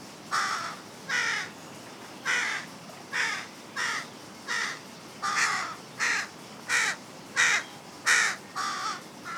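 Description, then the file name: Carrion crow delivering a steady string of about fourteen rough, rasping caws, closely spaced. "Corvus corone"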